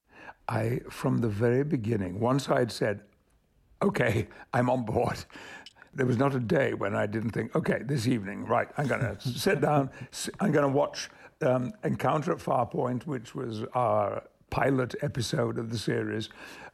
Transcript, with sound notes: from the very beginning, once I had said, OK, I'm on board, there was not a day when I didn't think, OK, this evening, right, I'm going to sit down...
(Laughter).
I'm going to watch "Encounter At Farpoint." which was our pilot episode of the series.